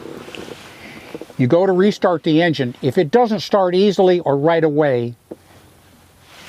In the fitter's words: so when you push this back in it snaps in place just like that